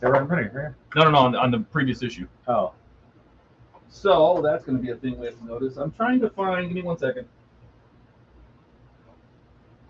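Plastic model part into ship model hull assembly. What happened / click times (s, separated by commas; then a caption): The part is handled but not yet seated; no click is heard / none. A plastic part is being handled for fitting into the hull assembly of a 1:200 scale RMS Titanic model, while two men talk. Nothing has seated or clicked yet. The only sudden sound is a faint tap at 3.7 s in a pause between the voices.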